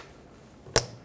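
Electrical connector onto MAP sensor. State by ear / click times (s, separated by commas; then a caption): seated / 0.8 s. An electrical connector is plugged back onto a new MAP sensor on a 2013-2020 Nissan Pathfinder. A single sharp, loud click is heard at 0.8 s, with faint handling noise just before it, confirming the connector has clicked in and seated.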